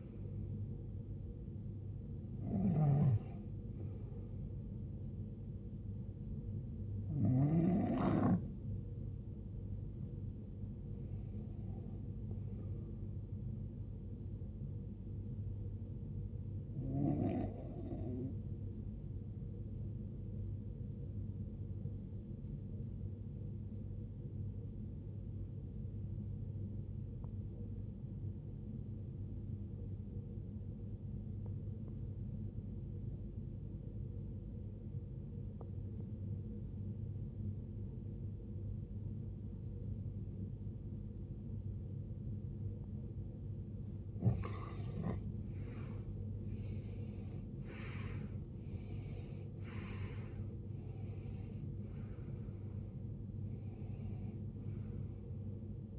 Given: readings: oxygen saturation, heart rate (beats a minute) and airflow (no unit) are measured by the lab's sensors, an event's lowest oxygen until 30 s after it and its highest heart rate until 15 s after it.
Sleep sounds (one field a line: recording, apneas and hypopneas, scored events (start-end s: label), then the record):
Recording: breathing in sleep by a smartphone at the bedside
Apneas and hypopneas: 1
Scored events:
23.00-55.99 s: new sleep stage, N2 (light sleep)
27.00-46.10 s: obstructive apnea (N2, oxygen 96% highest, then 81% lowest, heart rate 73 at the start, 78 highest)
From the record:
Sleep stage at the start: N1 (lightest sleep)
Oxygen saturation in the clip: 85 to 96%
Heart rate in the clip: 53 to 78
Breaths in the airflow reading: 10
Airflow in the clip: -19.1 to 18.2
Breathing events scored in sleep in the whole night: 389 in 6.3 hours asleep